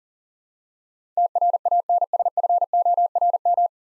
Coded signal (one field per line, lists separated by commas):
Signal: Morse code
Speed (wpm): 40 wpm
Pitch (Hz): 700 Hz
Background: none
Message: TRANSFORM